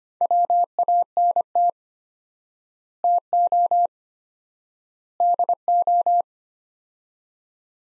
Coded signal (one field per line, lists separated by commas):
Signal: Morse code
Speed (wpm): 25 wpm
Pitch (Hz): 700 Hz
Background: none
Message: WANT TO DO